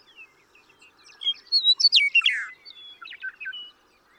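Western meadowlark song: soft lead-in notes, then loud clear whistles dropping into a fast, gurgling jumble.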